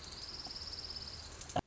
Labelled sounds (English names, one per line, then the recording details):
Orange-crowned Warbler
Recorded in Sonoma County, California